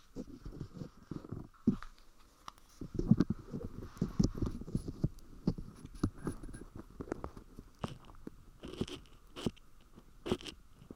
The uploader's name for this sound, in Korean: 쇠귀이개 귀청소